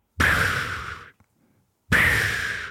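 Two long breathy 'pff' puffs through the lips, imitating the sound a husband makes in his sleep: mouth puffing during sleep that suggests obstructive sleep apnea.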